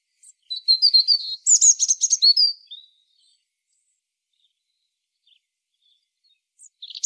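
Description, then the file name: European robin song, a high tumbling phrase of thin whistles and fast twittering notes lasting about two seconds, followed by silence and a brief new start at the end. "Erithacus rubecula"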